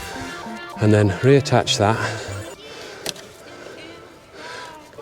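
Someone talks over background music while reattaching a plastic intake hose connector onto the new air intake or turbo elbow of a VW MK7.5 Golf R engine, pushing it so its latch will engage. A brief sharp sound comes at about 3.1 s. The connector has not seated or clicked yet.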